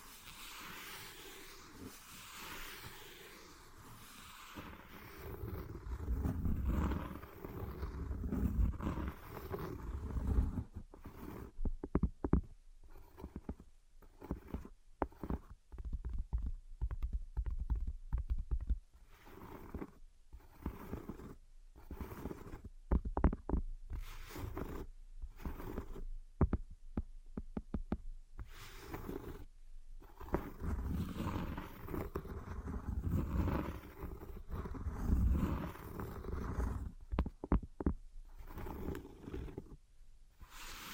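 Invisible tapping and scratching, a low rumbling scrape that turns choppy after ten seconds, breaking into rapid irregular bursts with brief silent gaps.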